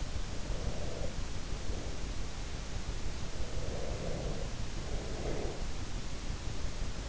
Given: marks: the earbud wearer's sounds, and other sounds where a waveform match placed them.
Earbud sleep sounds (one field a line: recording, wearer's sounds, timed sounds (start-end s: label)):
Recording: sounds in sleep by an in-ear microphone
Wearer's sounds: breath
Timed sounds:
0.29-2.23 s: breath
3.32-5.73 s: breath